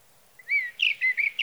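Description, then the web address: Sage thrasher song fragment, a drawn-out whistle followed by quick, slurred warbling notes. "birdsongforthecurious Sage Thrasher"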